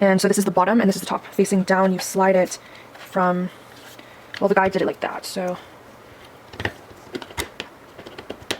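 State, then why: Seated. Someone talks while a laptop drive is slid face down into the bottom tray of an external drive enclosure, with its connector strips pushed in, producing a few light handling taps around 6.6 to 7.6 seconds. A sharp click at 8.5 seconds marks the drive seating in place.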